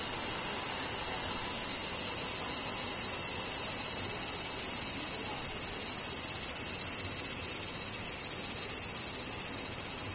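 Cicadas drone without pause, a dense, high-pitched buzzing that holds steady for the full ten seconds. The shrill tone never breaks into separate calls, staying level with only a slight easing toward the end. A faint low rumble sits underneath.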